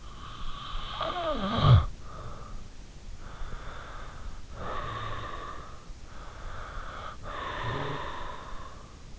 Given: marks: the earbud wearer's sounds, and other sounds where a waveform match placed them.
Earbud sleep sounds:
sounds in sleep by an in-ear microphone; snoring breath, breath
0.10-2.73 s: snoring breath
3.82-5.93 s: breath
6.16-9.19 s: breath

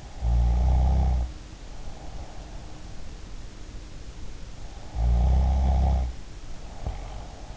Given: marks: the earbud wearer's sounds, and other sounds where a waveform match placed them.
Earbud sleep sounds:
sounds in sleep by an in-ear microphone; snoring breath
0.01-2.47 s: snoring breath
4.80-7.57 s: snoring breath

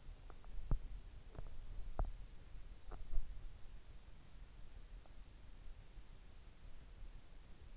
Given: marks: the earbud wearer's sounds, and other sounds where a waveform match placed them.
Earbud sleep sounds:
sounds in sleep by an in-ear microphone; teeth grinding
0.47-3.32 s: teeth grinding

